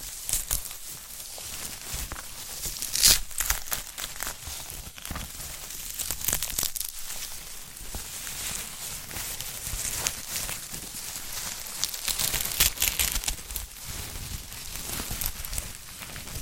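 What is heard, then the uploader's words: Crinkly, crackling handling sounds of a sprouted coconut continue without a break, bright and scratchy with frequent quick ticks and rustles. Sharper crunchy bursts stand out around three, seven, ten and twelve seconds, and there are occasional low thumps underneath. ASMR of a Sprouted Coconut (No Talking).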